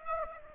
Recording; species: mosquito wingbeat signal from an infrared sensor; Aedes aegypti